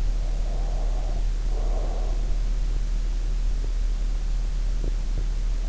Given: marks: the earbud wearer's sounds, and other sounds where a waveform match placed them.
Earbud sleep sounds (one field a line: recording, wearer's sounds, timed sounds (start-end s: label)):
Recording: sounds in sleep by an in-ear microphone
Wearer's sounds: breath, teeth grinding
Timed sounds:
0.00-2.36 s: breath
4.66-5.45 s: teeth grinding